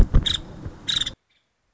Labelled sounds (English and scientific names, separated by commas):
Nuttall's Woodpecker (Dryobates nuttallii)